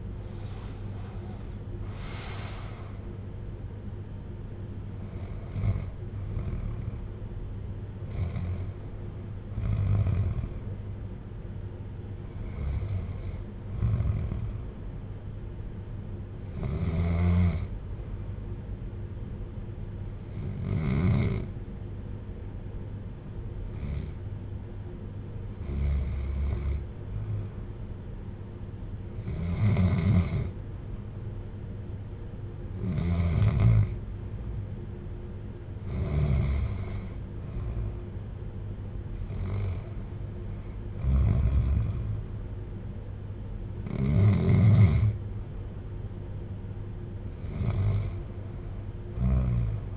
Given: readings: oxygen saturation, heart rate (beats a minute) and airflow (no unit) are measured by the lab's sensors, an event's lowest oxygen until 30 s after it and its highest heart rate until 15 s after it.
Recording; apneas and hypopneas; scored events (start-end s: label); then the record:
breathing in sleep by a smartphone at the bedside; 1
15.00-35.70 s: hypopnea (REM, oxygen 98% highest, then 92% lowest, heart rate 56 at the start, 67 highest)
From the record:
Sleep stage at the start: REM sleep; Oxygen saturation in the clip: 84 to 98%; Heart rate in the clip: 54 to 91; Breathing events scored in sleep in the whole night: 310 in 8.1 hours asleep